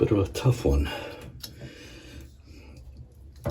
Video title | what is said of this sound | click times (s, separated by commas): Install a new Exhaust fan and duct | so okay snapped | 1.4 s